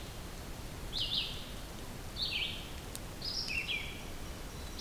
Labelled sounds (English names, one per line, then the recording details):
Red-eyed Vireo song
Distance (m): 35 m
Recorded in boreal forest in Alberta, Canada, on 2 June 2016 at 07:54
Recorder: SongMeter 3, array SBT-3-7
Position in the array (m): 75 m, 143 m